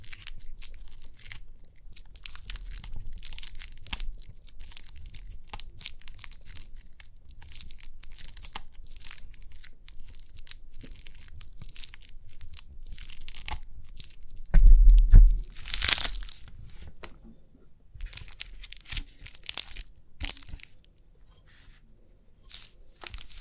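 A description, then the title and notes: Crinkly pimple popping: dense, irregular crackling and crinkling with many quick, sharp ticks running throughout. Around fifteen to sixteen seconds a louder burst of tearing, crunching noise stands out, then the rustling settles back to a quieter, sparser patter. Crinkly Pimple Popping.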